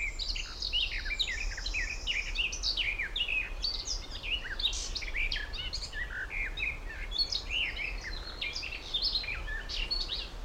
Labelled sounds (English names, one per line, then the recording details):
Garden Warbler
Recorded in the wild
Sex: male
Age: adult
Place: Blankenfelde, Tegeler Fließ, Berlin, DE
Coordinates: 52.645, 13.395
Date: 1992-05-31 11:06
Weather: sonnig, 23-26°C
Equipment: Marantz CP 430, Sennheiser ME 80, K 30 AV, Kopie Tesla B 116
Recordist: Tembrock, Günter